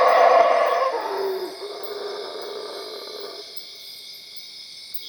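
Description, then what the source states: Howler monkey giving a rough, roaring howl that peaks in the first second and fades away, over a steady high droning. Recorded at Cuevas.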